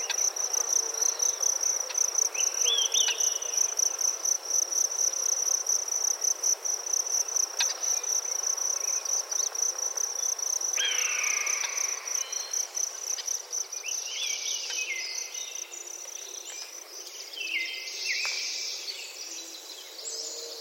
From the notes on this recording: Soundscapes from different forests around the world